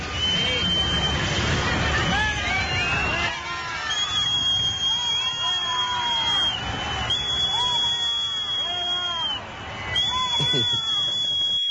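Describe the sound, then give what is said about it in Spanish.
A spectator's long, shrill, steady whistle like a stovetop coffee maker reaching the boil, sustained high and piercing over a loud crowd murmur, breaking off briefly and resuming several times. “Escuchad, porque hay un silbido que parece que vaya a salir el café.”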